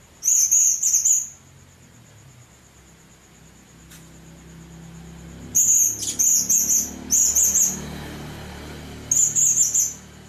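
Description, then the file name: Hanging parrot calls: high, sibilant twittering bursts, several in quick succession, with a low background rumble and a continuous whine. "serindit"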